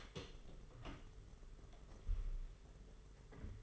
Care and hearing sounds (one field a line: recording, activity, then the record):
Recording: daily activity, microphone in the room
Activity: open door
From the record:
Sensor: 4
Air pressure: 992.4 hPa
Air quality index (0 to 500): 114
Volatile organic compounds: 21 ppm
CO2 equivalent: 2737 ppm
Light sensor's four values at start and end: 21/74/27/28 and 22/74/27/29